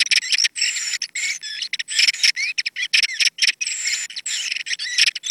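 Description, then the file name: Thrush delivering a rich song of clear whistled notes, upward slurs and quick chattering phrases, high-pitched with only brief pauses. "Zorzal sonido"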